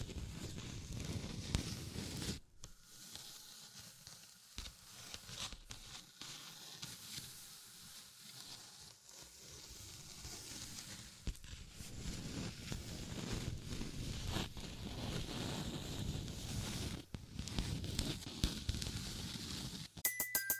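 Tapping, scratching and tracing sounds rub and patter densely throughout, with a brief quieter lull near 3–10 seconds and a sharp tone ending it.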